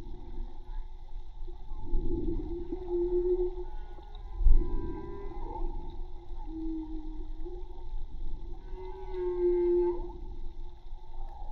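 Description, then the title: Whale song units: held low moans alternating with short upswept and wavering tones, with deep water rumble and a brief knock midway. Recorded with a hydrophone from a boat at Tribugá; hydrophone listening offered as low-disturbance alternative to approaching whales with motorboats. "CANTO DE BALLENAS HIDROFONO MAGMA TRIBUGA J BARCO"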